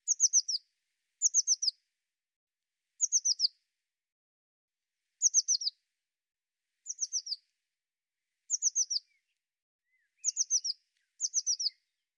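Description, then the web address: Bird repeating short bursts of three or four high, downward-slurred notes, roughly every one to two seconds, with quiet gaps between. "cianscape birddata Deverinetal 2025 File cleaned normalized Bird Cy Ca"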